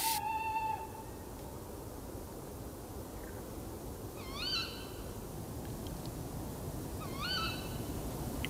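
Three owl calls over a steady hiss of background noise: a longer, even-pitched cry first, then two shorter, wavering calls that rise and dip, spaced a few seconds apart.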